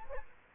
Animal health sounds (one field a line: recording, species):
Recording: mosquito wingbeat signal from an infrared sensor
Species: Culex quinquefasciatus